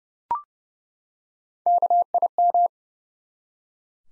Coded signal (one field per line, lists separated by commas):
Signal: Morse code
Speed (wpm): 30 wpm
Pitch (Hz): 700 Hz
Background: none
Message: KIM